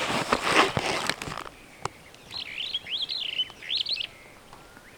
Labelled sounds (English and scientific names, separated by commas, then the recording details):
Superb Starling (Lamprotornis superbus) flight call
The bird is a male
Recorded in Kenya on 1 June 2010
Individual 56, of group MRC1